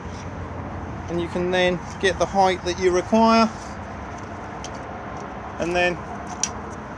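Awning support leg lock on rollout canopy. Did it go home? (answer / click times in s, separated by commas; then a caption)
yes / 6.4 s. The support leg of the rollout awning on a 2021 Elddis Majestic 105 is lowered to the required height while someone talks. A sharp metallic click at 6.4 s marks the leg locking into place at its set height.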